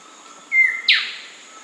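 Single black-sided robin call, a pure sustained whistle easing lower, then a broad scratchy note sweeping downward, over quiet steady background noise.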